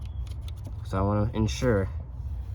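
A fuel line quick-connect fitting is handled at the fuel filter housing port on a 2024 Ford F-250 6.7L Powerstroke diesel, with a few short light ticks near the start under a low background rumble while someone talks. Nothing has seated or clicked yet; the clip ends just before the fitting goes home.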